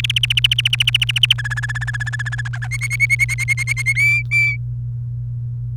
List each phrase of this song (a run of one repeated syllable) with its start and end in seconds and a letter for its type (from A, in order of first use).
0.00-1.33 A, 1.38-2.41 B, 2.45-2.67 C, 2.71-3.93 D, 3.95-4.56 E